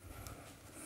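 A rigid roof insulation panel is pushed toward its neighbouring panel's tongue-and-groove joint, with a low, steady handling rustle and one brief knock at about 0.3 s, likely the panels touching. The panel has not slid home yet, and nothing has seated or clicked.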